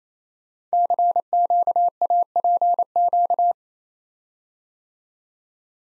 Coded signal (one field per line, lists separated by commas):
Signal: Morse code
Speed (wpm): 29 wpm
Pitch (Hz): 700 Hz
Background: none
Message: CQAPQ